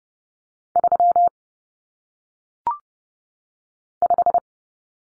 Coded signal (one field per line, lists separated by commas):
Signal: Morse code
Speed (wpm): 30 wpm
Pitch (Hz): 700 Hz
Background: none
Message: 3 5